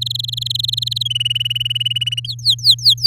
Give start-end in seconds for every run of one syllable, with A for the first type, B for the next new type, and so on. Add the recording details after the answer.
0.01-1.03 A, 1.05-2.26 B, 2.27-3.06 C. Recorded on 8 May 2018 at 10:24. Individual llb16